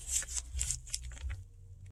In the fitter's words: so you'll see it click in place